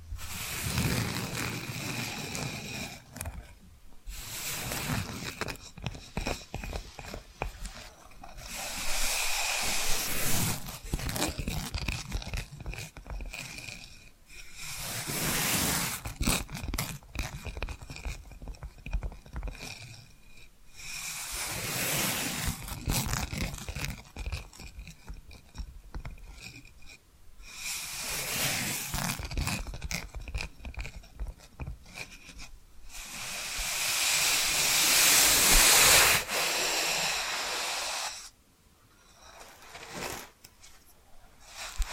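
Tapping and scratching sounds, mostly gritty rubbing and scraping that swells and fades in waves every few seconds. Dense crackly textures with occasional crunchy bursts, the loudest and brightest around 35 seconds, followed by a brief quieter lull.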